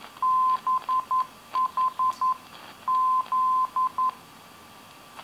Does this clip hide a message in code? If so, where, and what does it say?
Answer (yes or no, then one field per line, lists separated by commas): yes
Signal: Morse code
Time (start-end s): 0.2-4.1 s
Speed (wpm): 11 wpm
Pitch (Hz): 1030 Hz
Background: none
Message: BHZ